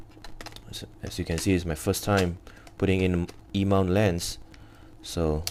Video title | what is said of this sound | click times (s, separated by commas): Unboxing Sony a6500 + Sigma 16mm f1.4 - Is it still worth it in 2018? | look at can you hear the click so once it's click it's good to go | 0.4 s, 0.5 s